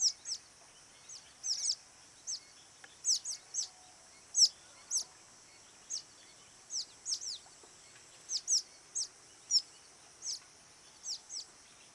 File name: Mascarene martin